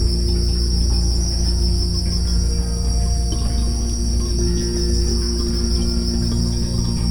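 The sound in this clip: Crickets produce a constant shrill chirring, accompanied by quiet sustained music and a low rumble.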